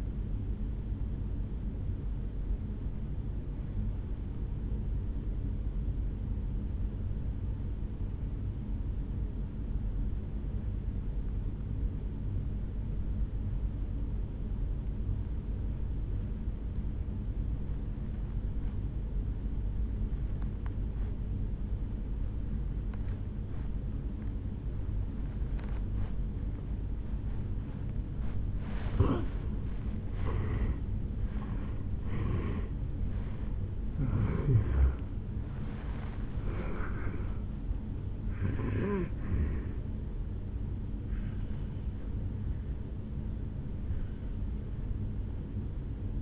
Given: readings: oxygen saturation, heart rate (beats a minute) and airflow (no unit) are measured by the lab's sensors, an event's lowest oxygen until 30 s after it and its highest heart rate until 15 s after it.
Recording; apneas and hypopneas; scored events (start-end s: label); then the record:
breathing in sleep by a smartphone at the bedside; 1
3.00-31.30 s: obstructive apnea (N2, oxygen 96% highest, then 81% lowest, heart rate 53 at the start, 76 highest)
25.00-46.21 s: new sleep stage, N1 (lightest sleep)
From the record:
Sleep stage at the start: N2 (light sleep); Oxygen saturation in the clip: 81 to 96%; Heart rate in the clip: 52 to 76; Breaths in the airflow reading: 7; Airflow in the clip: -7.3 to 6.3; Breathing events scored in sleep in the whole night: 449 in 7.0 hours asleep